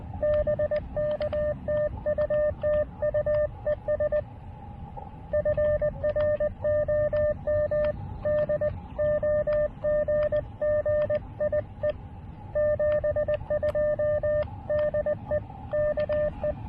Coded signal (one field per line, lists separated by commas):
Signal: Morse code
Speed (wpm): 20 wpm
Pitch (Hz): 600 Hz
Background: radio noise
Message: BK TU TU ES FROM DOGGIE 72 DE KE